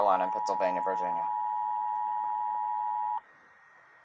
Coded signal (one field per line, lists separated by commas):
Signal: Emergency Alert System (SAME) tones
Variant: 853 and 960 Hz attention tone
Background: speech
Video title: EAS 492 Flood Warning NWS Blacksburg